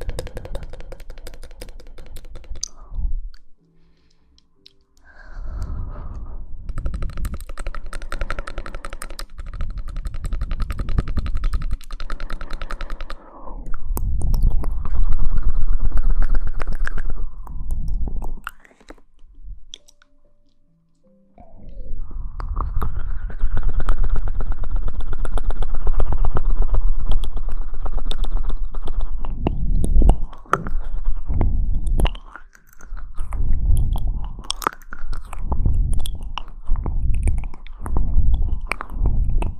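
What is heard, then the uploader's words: Mouth sounds come in long, breathy, hissing stretches with a hollow, throaty tone, broken by short silences near 4 and 20 seconds. After about 30 seconds the sound turns choppy, with wet clicks and smacks sounding rapidly between breathy bursts. Mouth Sounds.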